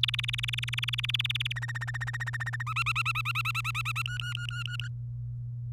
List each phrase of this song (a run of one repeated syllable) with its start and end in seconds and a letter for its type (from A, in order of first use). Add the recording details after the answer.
0.03-1.52 A, 1.56-2.63 B, 2.67-4.02 C, 4.06-4.88 D. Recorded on 24 April 2018 at 07:17. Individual llb3